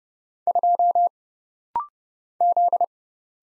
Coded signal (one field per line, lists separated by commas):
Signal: Morse code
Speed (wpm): 30 wpm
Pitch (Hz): 700 Hz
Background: none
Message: 2 Z